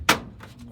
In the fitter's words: you hear that click you're good